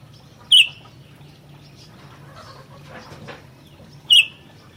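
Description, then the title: Sooty-headed bulbul calls: two sharp, bright notes about three and a half seconds apart over a faint low hum. "kutilang"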